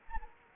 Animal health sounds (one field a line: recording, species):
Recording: mosquito wingbeat signal from an infrared sensor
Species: Anopheles arabiensis